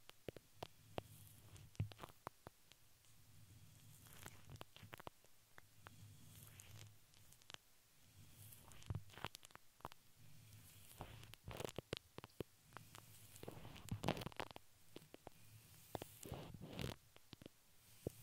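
Crinkling plastic and paper with brushing sounds, sharp clicks and taps scattered throughout, over a steady low rumbling hum that persists underneath.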